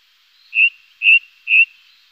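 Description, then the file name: Ring ouzel piping song: three clear, fluty whistled notes of equal pitch, evenly spaced about half a second apart. "beflijster ring ouzel"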